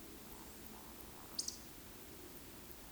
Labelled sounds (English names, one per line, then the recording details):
Eurasian Woodcock whistle
Eurasian Woodcock croak
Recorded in Baden-Württemberg, Germany, on 13 June 2021 at 20:27 UTC
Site 23718, 552 m above sea level